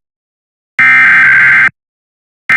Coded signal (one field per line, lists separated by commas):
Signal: Emergency Alert System (SAME) tones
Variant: header bursts